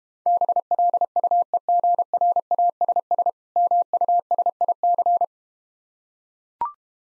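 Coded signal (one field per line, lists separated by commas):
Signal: Morse code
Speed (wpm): 32 wpm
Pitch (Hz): 700 Hz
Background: none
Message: BLUEGRASS MUSIC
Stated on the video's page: Morse code practice drill at 25 wpm, difficult words with contextual hints.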